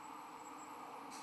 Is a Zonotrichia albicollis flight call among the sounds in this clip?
no